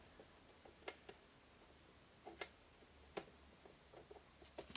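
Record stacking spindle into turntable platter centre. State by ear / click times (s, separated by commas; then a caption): seated / 4.8 s. A plastic-ended record stacking spindle is inserted into the centre of a Technics SL-B500 turntable platter, turned clockwise, then pushed down. Several light ticks and clicks are heard along the way. The spindle snaps into position with a sharp click at 4.8 s.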